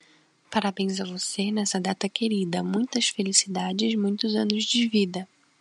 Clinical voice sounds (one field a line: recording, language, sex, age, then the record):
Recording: short text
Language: Brazilian Portuguese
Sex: female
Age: 20 to 29 years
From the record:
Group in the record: control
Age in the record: 22 years